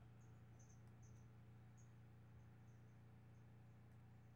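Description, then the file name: Brachycephalus albolineatus calls: faint, very high, short chirped notes given in an irregular series, some paired, over a steady low hum. Recorded on 5 February 2016. "Brachycephalus albolineatus 160205"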